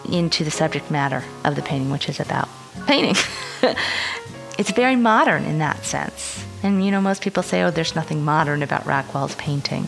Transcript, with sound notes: into the subject matter of the painting, which is about–painting! (laughs) So it’s… very modern in that sense. And you know, most people say–Oh there is nothing modern about Rockwell’s painting!